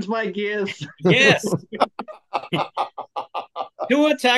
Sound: laughing